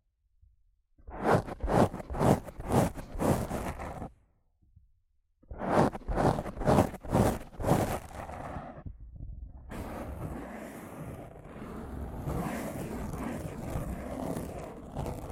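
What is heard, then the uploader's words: Rough scratching and brushing right on a microphone, starting as quick, regular strokes in two bursts, each about three seconds long, separated by a brief silence. After another short pause it turns into a steady, dense rumbling scrape that continues to the end. ASMR Rough Mic Scratching & Brushing (No Talking).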